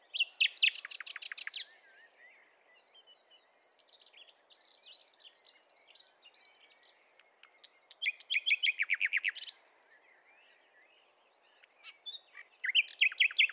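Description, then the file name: Common nightingale song: loud rattling bursts alternating with quieter buzzy, twittering phrases, three powerful trills spread throughout over faint background hiss. "Luscinia megarhynchos"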